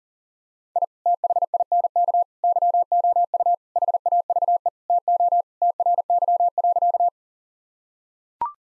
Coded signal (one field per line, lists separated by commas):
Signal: Morse code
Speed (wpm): 37 wpm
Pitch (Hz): 700 Hz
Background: none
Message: I THINK YOU HAVE TO TRY.